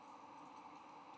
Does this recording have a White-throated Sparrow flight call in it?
no